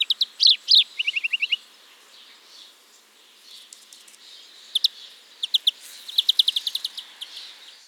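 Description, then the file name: European greenfinch giving bursts of rapid, dry twittering notes and short trills, several quick series separated by brief pauses, with faint background hiss. "Chloris chloris"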